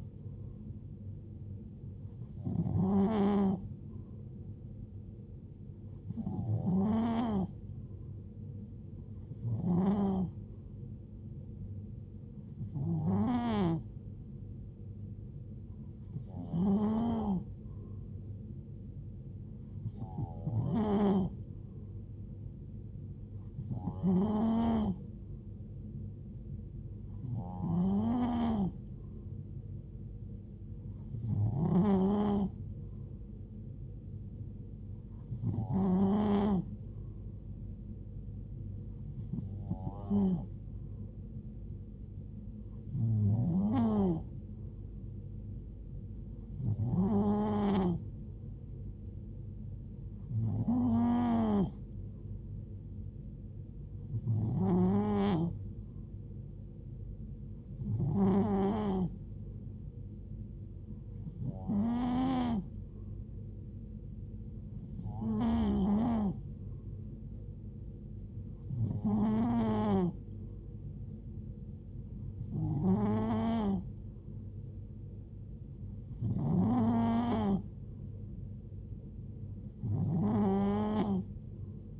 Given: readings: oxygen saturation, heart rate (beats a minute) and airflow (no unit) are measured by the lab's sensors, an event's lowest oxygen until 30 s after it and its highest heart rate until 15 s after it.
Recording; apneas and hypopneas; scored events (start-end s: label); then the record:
breathing in sleep by a smartphone at the bedside; none
27.00-82.00 s: new sleep stage, N2 (light sleep)
From the record:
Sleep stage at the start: N3 (deep sleep); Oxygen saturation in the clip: 91 to 92%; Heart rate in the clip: 68 to 75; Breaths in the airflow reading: 22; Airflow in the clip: -4.3 to 2.7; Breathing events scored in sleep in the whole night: 389 in 6.3 hours asleep